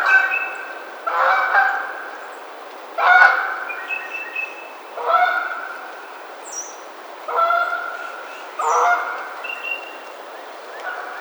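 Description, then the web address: Canada goose honks, loud harmonic nasal calls repeated roughly every two seconds, each a short blast. Recorded on 20 March 2007. "Canada Goose 2007 03 20"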